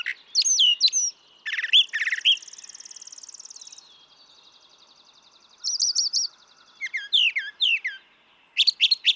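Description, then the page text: Brown thrasher song, quick doubled phrases broken by a long buzzy pulsed trill, then more repeated chirps. Same male brown thrasher heard across recordings totalling about three and a quarter hours; his repertoire is estimated at about 1300 songs. "Birdsong for the Curious Naturalist. Brown thrasher"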